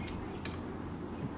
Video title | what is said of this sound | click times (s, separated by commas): Silai Machine Shuttle Repair - Shuttle Box & Lakh Problem Solution - Shuttle Bar Bar Nikalti Hai? | जब तक यह क्रिक ना करे तो समझ लो कि यह इसने लॉक नहीं हुआ। यह लॉक हो गया। | 0.4 s